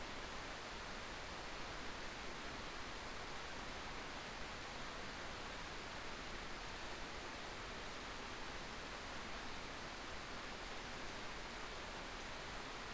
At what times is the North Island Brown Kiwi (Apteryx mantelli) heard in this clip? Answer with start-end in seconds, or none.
none